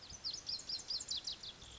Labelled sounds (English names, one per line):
Lazuli Bunting